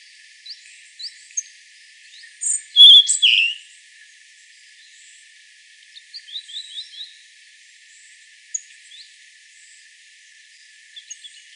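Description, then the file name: European robin song: scattered thin, high notes leading into a loud, tumbling burst, followed by softer trilled snatches and isolated sharp notes. "Erithacus rubecula"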